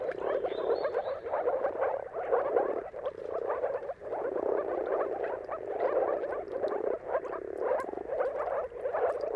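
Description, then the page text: Chorus of moor frogs, a steady mass of muffled bubbling calls pulsing without pause; a thin bird whistle appears briefly near the start. Mating chorus of moor frogs at sunrise, at the turn of March and April depending on the weather. "Jakub-Orzecki moor frogs. Dawn’s Chorus: Mating Calls of Marsh Frogs at Sunrise. Depending on the weather at the turn of March and April, you can witness an amazing spectacle of moor frogs"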